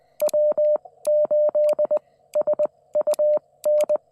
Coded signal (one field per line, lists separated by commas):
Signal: Morse code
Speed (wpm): 20 wpm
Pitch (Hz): 600 Hz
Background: none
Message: W8SUN